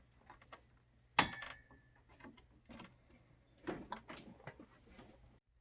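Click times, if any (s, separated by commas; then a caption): 1.2 s. A CPU cooler fan is pressed back onto its plastic heatsink mount after cleaning, after a couple of earlier tries failed to get it to snap in securely. A sharp snap at 1.2 s marks the fan seating, followed by quieter handling knocks and rustles around 3.7 to 3.9 s. The fan ends up locked firmly in place.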